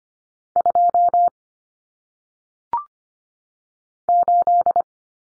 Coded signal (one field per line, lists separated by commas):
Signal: Morse code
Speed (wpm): 25 wpm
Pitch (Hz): 700 Hz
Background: none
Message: 2 8